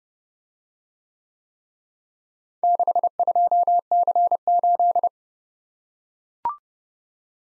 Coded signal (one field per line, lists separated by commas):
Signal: Morse code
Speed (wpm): 29 wpm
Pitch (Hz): 700 Hz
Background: none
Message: 62C8